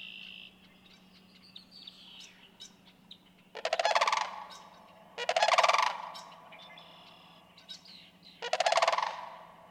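Sandhill crane giving three loud, rolling, rattled calls, each about a second long and spaced a couple of seconds apart, with faint songbird chirps between them.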